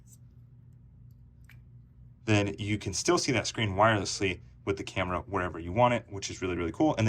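The release button on an Insta360 GO 3 display pod is pressed to unlock it and take out the small camera lens unit, giving two sharp, quiet clicks at 1.4 s and 1.5 s over a low hum. The camera unit is released from the pod, and then someone talks.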